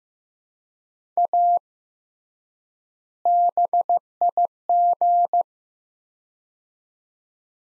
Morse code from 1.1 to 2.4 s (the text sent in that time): A